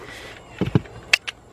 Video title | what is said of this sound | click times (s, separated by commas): ⭐ 2003 Honda Pilot - Cabin Air Filter - Water Noise From Heater Assembly | make sure both places snap into place | 1.1 s